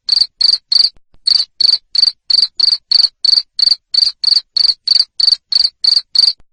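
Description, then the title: Loud cricket chirps, each a short trilled burst, repeated rapidly around three times a second after a short gap near the start. Loud cricket chirping used to make lovebirds keep singing (ngekek). "Suara JANGKRIK NGERIK Keras Bikin LOVEBIRD Jadi NGEKEK Terus Vubey"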